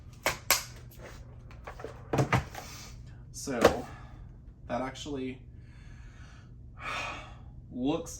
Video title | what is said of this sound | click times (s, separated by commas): Miele HX1 Triflex Vacuum Maintenance + Review | And then the handle just snaps on like this. | 0.5 s